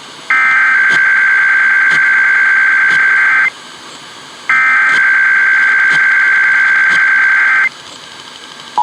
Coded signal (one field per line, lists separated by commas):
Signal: Emergency Alert System (SAME) tones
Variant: header bursts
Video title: IPAWS Weekly Test (6/21/21)(EAS 755)